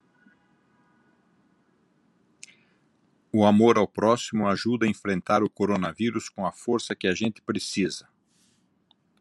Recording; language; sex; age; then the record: spoken sentence; Brazilian Portuguese; male; 60 to 69 years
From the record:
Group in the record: control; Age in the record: 65 years